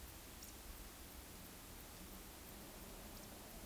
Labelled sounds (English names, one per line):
Eurasian Woodcock whistle